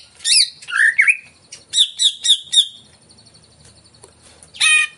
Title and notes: Pancingan CUCAK IJO Mau Di Gantang. Cucak Ijo Gacor